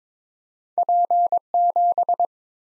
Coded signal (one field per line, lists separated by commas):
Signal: Morse code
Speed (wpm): 21 wpm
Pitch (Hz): 700 Hz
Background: none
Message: P7